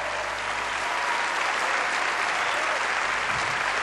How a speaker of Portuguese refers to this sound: Antes de mais, quero agradecer ao Eduardo Nascimento. Esta é também uma forma de lhe prestarmos a nossa singela homenagem. Uma salva de palmas para o Eduardo.